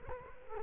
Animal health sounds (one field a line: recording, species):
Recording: mosquito wingbeat signal from an infrared sensor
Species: Culex quinquefasciatus